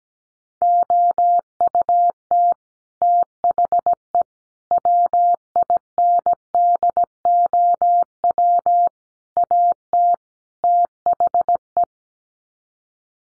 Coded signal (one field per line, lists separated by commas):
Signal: Morse code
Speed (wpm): 17 wpm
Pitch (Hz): 700 Hz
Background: none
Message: OUT THE WINDOW AT THE